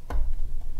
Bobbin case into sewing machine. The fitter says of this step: then you're going to rotate it counterclockwise until you hear it click and it kind of sits in. There we go.